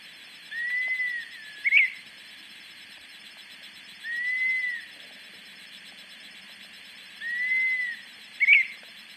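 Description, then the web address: Dusky-capped flycatcher whistling long, plaintive, gently arched notes about every three seconds, some followed at once by a brief sharp upslurred note. Ecuador. "Birds of Ecuador. Dusky-capped Flycatcher"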